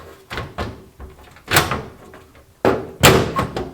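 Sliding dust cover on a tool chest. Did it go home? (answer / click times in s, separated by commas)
yes / 2.6 s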